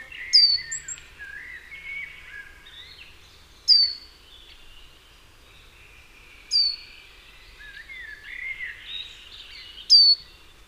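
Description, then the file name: Great tit giving four sharp falling notes a few seconds apart while other birds warble more quietly underneath, with light background noise. "Parus major"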